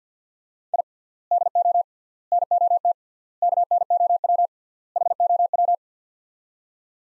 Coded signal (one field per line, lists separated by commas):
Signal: Morse code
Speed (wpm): 50 wpm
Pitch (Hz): 700 Hz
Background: none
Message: I DO NOT KNOW HOW